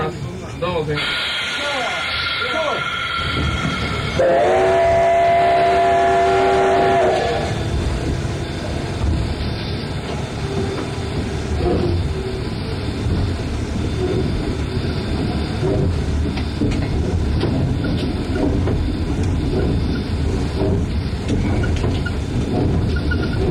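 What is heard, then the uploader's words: A steam locomotive chuffs heavily and steadily, with a bright whistle blast from about four to seven seconds over continuous rumbling and hiss. Steam locomotive (Short), SL-C11 蒸気機関車、SL－C11（短編）.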